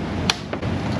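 A spring hose clamp on a coolant reservoir hose is squeezed with clamp pliers, and a sharp snap at 0.3 s shows the clamp has locked in the open position. A fainter knock follows at about 0.5 s over a steady background hum.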